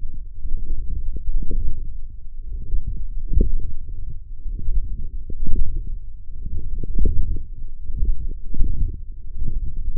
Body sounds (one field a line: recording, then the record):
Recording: forearm muscle sounds (acoustic myography)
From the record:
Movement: forearm pronation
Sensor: system 1, eight BSWA MPA416 microphones around the upper forearm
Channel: 6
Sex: male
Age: 21 years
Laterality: right